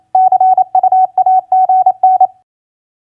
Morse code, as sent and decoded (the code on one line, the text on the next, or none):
-.-. ..- .- --. -.
CUAGN